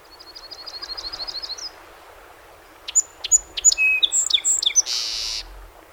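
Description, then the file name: Song Sparrow song after a steady series of quick repeated notes: three sharp opening notes, tumbling chips and a loud buzz. Recorded 7 June 2018; 21 songs. "2018-06-07 SOSP 21 Songs"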